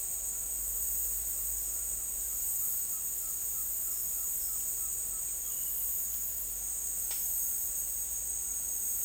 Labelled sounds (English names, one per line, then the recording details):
none
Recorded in dense forest near Puerto Asís, Putumayo, Colombia, on 24 March 2025 at 13:30
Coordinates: 0.503, -76.323
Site GP09